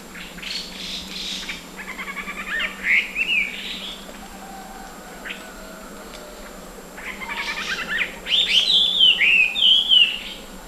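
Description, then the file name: Chinese hwamei delivering two song phrases, each of quick chattering notes leading into fluty, up-and-down whistles, separated by a few seconds of quiet. Subspecies canorus; singing in Beishan, Guangxi, China, on 17 January 2012. "Chinese Hwamei Ssp Canorus Song 120117-001 Guangxi Beishan"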